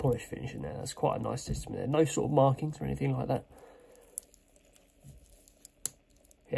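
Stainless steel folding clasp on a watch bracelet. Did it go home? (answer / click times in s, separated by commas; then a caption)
yes / 5.9 s. Someone talks for the first few seconds, then quiet handling follows as the stainless steel folding clasp on the bracelet of a Pagani Design Batman PD1662 GMT watch is pressed closed. It snaps shut with a sharp click at 5.9 s, a nice click with just the right amount of weight, and the clasp is seated.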